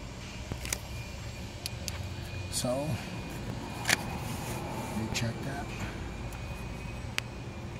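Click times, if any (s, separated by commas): 7.2 s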